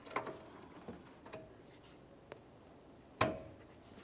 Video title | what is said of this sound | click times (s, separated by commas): How to Replace Radiator 1994-2002 Dodge Ram 2500 | a nice click give it a strong tug to make sure it is properly secured | 3.2 s